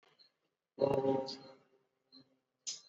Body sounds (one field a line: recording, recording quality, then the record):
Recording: sustained vowel as in boot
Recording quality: moderate, slight background noise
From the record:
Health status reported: exposed to COVID-19, no respiratory illness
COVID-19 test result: not tested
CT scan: not taken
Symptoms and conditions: none ticked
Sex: male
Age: 22 years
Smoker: no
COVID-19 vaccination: both doses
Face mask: not worn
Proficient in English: yes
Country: India